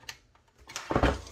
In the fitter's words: slide and it will click into place